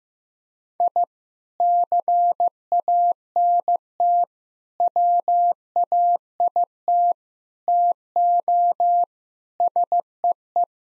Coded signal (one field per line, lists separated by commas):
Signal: Morse code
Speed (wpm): 15 wpm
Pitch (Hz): 700 Hz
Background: none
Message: I CANT WAIT TO SEE